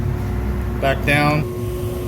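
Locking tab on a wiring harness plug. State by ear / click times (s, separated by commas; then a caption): not seated / none. Someone talks over a steady low hum while the plastic locking tabs on a Volvo wiring harness plug are pushed back down to lock the wires in. The clip ends before the part goes home, and nothing has seated or clicked yet.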